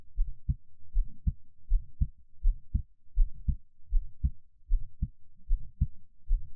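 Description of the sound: Steady, low, muffled lub-dub beats at about 80 a minute: a person's own regular heartbeat heard close-up, made as ASMR, with no talking.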